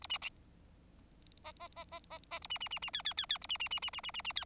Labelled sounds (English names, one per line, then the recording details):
Bengalese Finch song
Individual Bird4